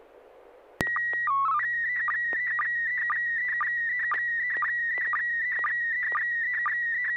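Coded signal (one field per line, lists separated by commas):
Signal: SSTV (slow-scan television)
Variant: PD 120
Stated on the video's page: SSTV net on an FM repeater at 441.30 MHz, received with MMSSTV software.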